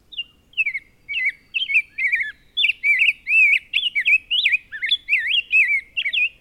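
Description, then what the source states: Rose-breasted grosbeak song: a long run of rich, warbled whistled phrases, rising and falling, with short gaps between them. Long sentences with a richer, more full-bodied, operatic tone than the robin's; phrases run together rather than breaking into three-syllable words.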